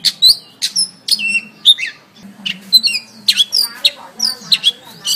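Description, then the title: Oriental magpie-robin giving sweet whistled notes and short harsh chatters in a loose, varied sequence, with a faint low hum in the background. "Kacer"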